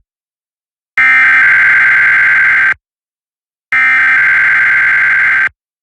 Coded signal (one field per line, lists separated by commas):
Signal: Emergency Alert System (SAME) tones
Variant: header bursts